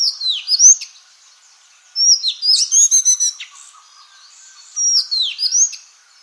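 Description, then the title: Madagascar magpie-robin singing bright, varied phrases of slurred descending whistles and quick chattering notes, separated by short pauses. "suara burung kacer madagaskar"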